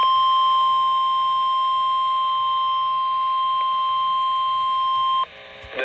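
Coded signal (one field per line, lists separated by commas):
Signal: Emergency Alert System (SAME) tones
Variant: 1050 Hz attention tone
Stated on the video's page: Severe thunderstorm warning alert.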